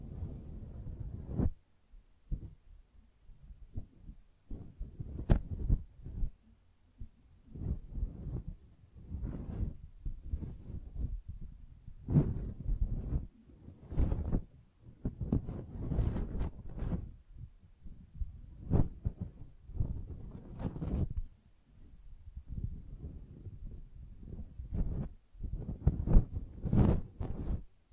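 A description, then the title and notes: Soft brushing strokes sweep in uneven bursts, each one a muffled, low rustle lasting a second or two with short pauses between. Now and then a sharper, brighter scratch cuts through, around five, twelve, nineteen and twenty-seven seconds. ASMR Gently Brushing Your Brain (No Talking).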